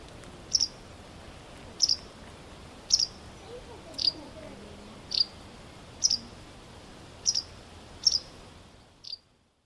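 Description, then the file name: White wagtail uttering a series of eight crisp, high chirps, evenly spaced about once a second, then one last note as the sound cuts out. "vastarakki"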